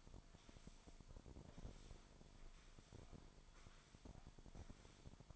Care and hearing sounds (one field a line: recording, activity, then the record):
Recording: daily activity, microphone in the room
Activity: sweep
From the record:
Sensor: 5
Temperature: 24.7 degrees Celsius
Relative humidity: 41.5%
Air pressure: 1003.2 hPa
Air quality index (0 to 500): 131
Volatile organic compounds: 1 ppm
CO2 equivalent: 963 ppm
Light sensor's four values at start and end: 45/108/46/51 and 45/108/45/50